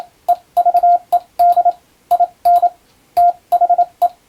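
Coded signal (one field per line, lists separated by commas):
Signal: Morse code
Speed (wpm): 27 wpm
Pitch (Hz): 700 Hz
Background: radio noise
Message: EVED IN THE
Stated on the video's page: Morse code receiving practice for the Japanese radiotelegraph operator national exam, using telegram practice text; also usable as amateur radio copying practice.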